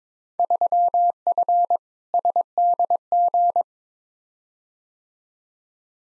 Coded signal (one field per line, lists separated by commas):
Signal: Morse code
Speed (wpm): 22 wpm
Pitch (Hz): 700 Hz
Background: none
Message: 3F SDG